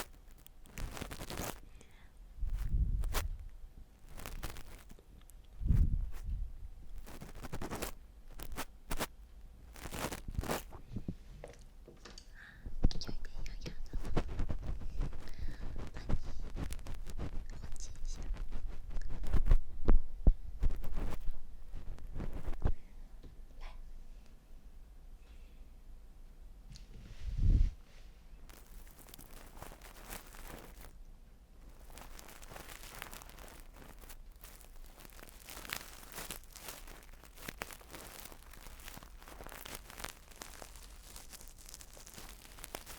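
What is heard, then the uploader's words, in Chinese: Ear cleaning, with dense scratchy rustles and soft scraping strokes in quick irregular bursts, busiest and loudest from about 13 to 22 seconds. Low muffled thumps dot the first half, with one more near 27 seconds, then it settles into faint, quiet brushing. ASMR 给您进行贴心掏耳朵服务。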